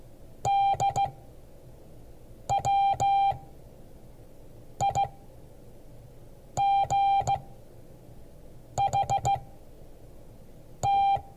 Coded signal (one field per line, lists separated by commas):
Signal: Morse code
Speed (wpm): 15 wpm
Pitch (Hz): 790 Hz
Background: none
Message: DWIGHT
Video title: Morse code class 2022 11 14